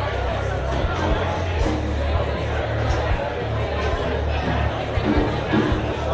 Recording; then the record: background sound without coughing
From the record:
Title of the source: CITY SOUNDS Busy Bar in the Evening Night - 2 HOURS of Ambiance for Relaxation